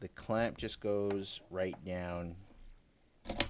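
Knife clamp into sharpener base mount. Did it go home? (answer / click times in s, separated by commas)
yes / 3.4 s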